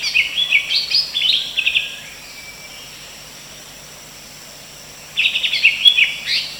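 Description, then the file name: Greater green leafbird calls in two bursts of fast, high, chippy twittering, the first lasting about two seconds, then a pause before a second burst near the end. Female bird. "suara cucak hijau betina. omkicau"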